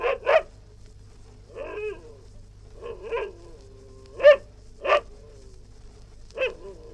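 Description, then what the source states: West Highland white terrier barking in short sharp yaps, some paired, with a couple of drawn-out whiny, harmonic vocalizations between them, over a low steady hum. Barking, recorded indoors.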